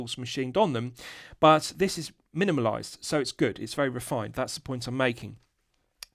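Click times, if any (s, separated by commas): 6.0 s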